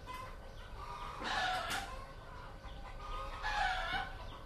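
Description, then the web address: Chicken calls: two loud squawking, cackling bursts a couple of seconds apart over a steady rumbling background hum. Chickens in Vietnam, 2019. "Vietnam 02 Chickens"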